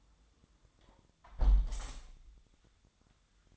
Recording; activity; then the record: daily activity, microphone in the room; close window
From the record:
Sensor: 3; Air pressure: 1004.6 hPa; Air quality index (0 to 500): 105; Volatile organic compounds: 4 ppm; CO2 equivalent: 1644 ppm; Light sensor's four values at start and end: 7/17/7/6 and 7/16/6/6